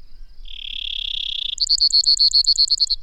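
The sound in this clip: Bird singing a drawn-out buzzy note that breaks into about a dozen rapid, evenly spaced bright notes, with a faint steady high hiss behind.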